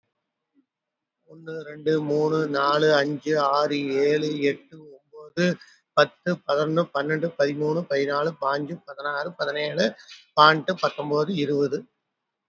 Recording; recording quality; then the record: counting at a normal pace; excellent, no background noise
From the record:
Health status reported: exposed to COVID-19, no respiratory illness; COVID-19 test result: not tested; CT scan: not taken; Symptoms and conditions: cold, diabetes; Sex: male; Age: 52 years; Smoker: no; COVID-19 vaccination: both doses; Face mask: worn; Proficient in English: yes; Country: India